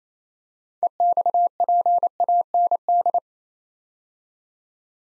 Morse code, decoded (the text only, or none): EXPAND